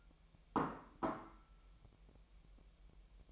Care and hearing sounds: daily activity, microphone in the room; place plate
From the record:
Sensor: 1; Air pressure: 1002.0 hPa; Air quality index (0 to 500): 242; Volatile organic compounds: 47 ppm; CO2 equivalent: 3262 ppm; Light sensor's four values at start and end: 8/28/10/11 and 8/28/10/11

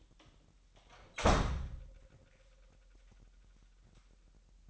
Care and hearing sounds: daily activity, microphone in the room; close door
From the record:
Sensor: 3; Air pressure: 998.2 hPa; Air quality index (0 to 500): 146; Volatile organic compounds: 5 ppm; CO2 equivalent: 1742 ppm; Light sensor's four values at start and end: 15/45/18/17 and 15/45/18/17

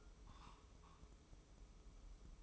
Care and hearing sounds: daily activity, microphone in the room; take from stove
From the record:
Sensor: 1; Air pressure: 995.5 hPa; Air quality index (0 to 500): 29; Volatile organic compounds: 1 ppm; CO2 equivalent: 547 ppm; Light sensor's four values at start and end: 29/102/39/40 and 29/102/39/40

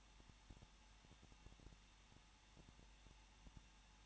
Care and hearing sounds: daily activity, microphone in the room; no activity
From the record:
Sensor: 1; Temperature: 20.1 degrees Celsius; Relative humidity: 39.4%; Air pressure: 1006.4 hPa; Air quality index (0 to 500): 219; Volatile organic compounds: 81 ppm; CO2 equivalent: 3616 ppm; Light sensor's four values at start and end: 1/2/1/1 and 1/2/1/1

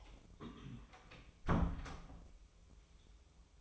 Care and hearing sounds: daily activity, microphone in the room; close door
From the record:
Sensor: 1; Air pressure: 1005.0 hPa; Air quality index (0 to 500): 84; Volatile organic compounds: 2 ppm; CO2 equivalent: 1147 ppm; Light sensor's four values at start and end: 9/23/9/10 and 9/23/9/10

